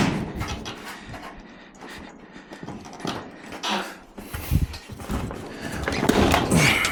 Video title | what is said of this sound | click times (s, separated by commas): Drainage Mod For The Little Shed | Okay, that's in up there. Hopefully you could hear that. Actually clicked in really nice. | 6.1 s, 6.3 s